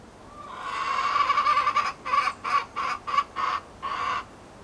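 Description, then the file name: Chicken cackling: a stretched, grating note that swells, then breaks into several short, rasping clucks with small gaps between them. Recorded in a henhouse at Appenthal. "poulailler appenthal"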